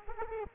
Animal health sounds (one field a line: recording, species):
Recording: mosquito wingbeat signal from an infrared sensor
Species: Aedes aegypti